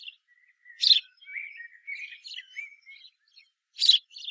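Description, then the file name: House sparrow giving two loud harsh chirps separated by a run of soft, varied twittering notes. "Passer domesticus"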